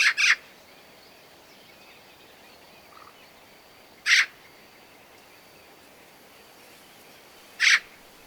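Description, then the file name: Eurasian magpie giving a rasping double note, then two lone harsh calls, separated by long quiet gaps. "Pica pica"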